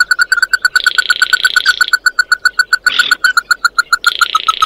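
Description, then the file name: Bird calls: a fast, steady train of clipped notes runs throughout, overlaid by buzzy hissing bursts and a brief rougher rasp near the middle. "Tieng chim mat do"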